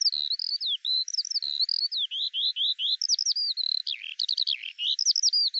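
Eurasian skylark song: a steady flow of quick rising and falling whistled notes mixed with brief chattering trills, high-pitched and unbroken throughout.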